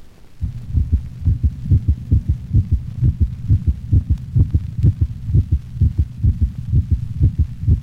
Low frequency split first heart sound of a normal large dog.